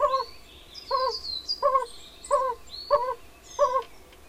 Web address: Hangok Bombina variegata